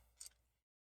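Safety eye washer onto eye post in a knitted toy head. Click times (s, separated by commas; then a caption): 0.2 s, 0.3 s. A plastic washer backing is pressed with a safety-eye tool onto a 24 mm safety eye post through the knitted fur head of a toy. A sharp, bright snap sounds at 0.2 s, followed by a softer second click at 0.3 s, as the backing seats firmly in place.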